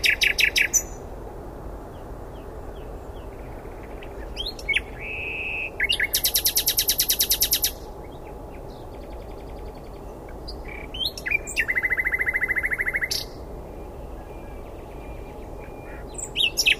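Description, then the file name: Common nightingale singing in bursts: crisp high notes, a sustained rattling trill, a pause, then another buzzy repeated phrase and fresh notes at the end. "Luscinia megarhynchos"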